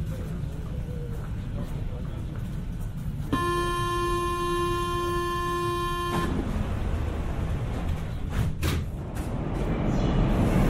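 A Paris Métro train rumbles steadily and low throughout. From about three to six seconds a loud, steady buzzing tone sounds, like a door warning, then cuts off. A few sharp clicks and knocks follow near the nine-second mark over the continuing rumble.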